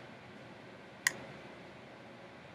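A trumpet's piston valve is twisted in its valve casing after oiling until its guide clicks into the guide slot. A single sharp click sounds at 1.1 s over a quiet, steady background hiss, and the valve is seated.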